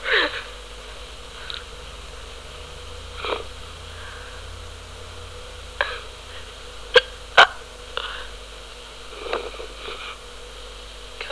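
Hiccups in an adult: brief, abrupt gulping clicks recur at uneven intervals, roughly eight or nine in eleven seconds, with two sharper ones close together near the middle. Each is a sudden diaphragm spasm snapping the vocal cords shut, heard against a quiet room background.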